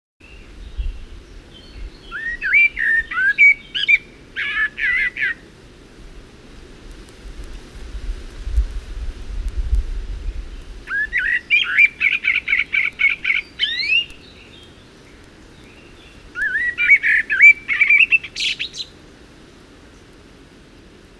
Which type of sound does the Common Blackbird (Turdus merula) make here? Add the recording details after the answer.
song. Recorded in the wild. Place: Ciucurova, Dobrogea, RO. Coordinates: 44.933, 28.483. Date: 1976-05-29 08:50. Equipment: Nagra III BH, Sennheiser MD 21, parabola. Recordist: Schubert, Michael. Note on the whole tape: Gesang Amsel vordergründig (viel Blätterrauschen)